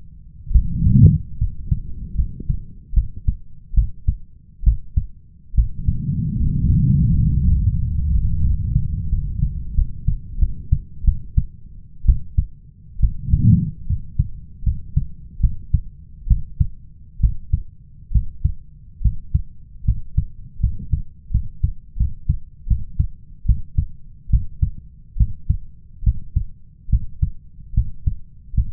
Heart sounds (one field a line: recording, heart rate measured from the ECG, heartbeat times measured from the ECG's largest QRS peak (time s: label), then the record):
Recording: heart sounds by stethoscope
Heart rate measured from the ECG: 75 bpm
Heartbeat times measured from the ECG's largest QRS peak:
0.52 s: heartbeat
1.38 s: heartbeat
2.15 s: heartbeat
2.94 s: heartbeat
3.74 s: heartbeat
4.64 s: heartbeat
5.55 s: heartbeat
6.37 s: heartbeat
7.10 s: heartbeat
7.77 s: heartbeat
8.43 s: heartbeat
9.09 s: heartbeat
9.74 s: heartbeat
10.39 s: heartbeat
11.04 s: heartbeat
12.06 s: heartbeat
13.00 s: heartbeat
13.87 s: heartbeat
14.63 s: heartbeat
15.40 s: heartbeat
16.27 s: heartbeat
17.20 s: heartbeat
18.12 s: heartbeat
19.01 s: heartbeat
19.85 s: heartbeat
20.60 s: heartbeat
21.31 s: heartbeat
21.97 s: heartbeat
22.67 s: heartbeat
23.45 s: heartbeat
24.30 s: heartbeat
25.17 s: heartbeat
26.03 s: heartbeat
26.89 s: heartbeat
27.74 s: heartbeat
28.54 s: heartbeat
From the record:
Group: healthy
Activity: rest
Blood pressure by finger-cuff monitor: 102/68 mmHg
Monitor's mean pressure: 76 mmHg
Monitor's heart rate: 71 bpm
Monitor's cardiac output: 5.6 L/min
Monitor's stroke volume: 77 mL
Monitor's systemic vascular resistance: 980 dyn s/cm5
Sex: male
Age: 21 years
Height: 170 cm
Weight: 71 kg